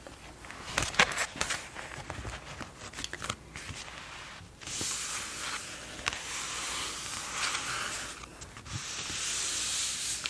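Paper pages turn and rustle, with dry scratchy tracing strokes, sharp crinkles near the start and a steadier brushing swell after about four and a half seconds.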